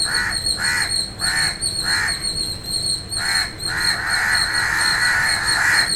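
Bird calls: harsh cawing notes in short bursts about twice a second, then a longer rasping run.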